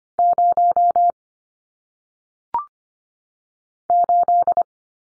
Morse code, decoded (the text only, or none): 0 8